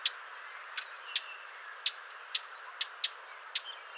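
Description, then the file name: Eurasian blackcap tack calls, sharp dry clicks repeated roughly every half second, sometimes in quick pairs, over a quiet hiss. "Sylvia atricapilla"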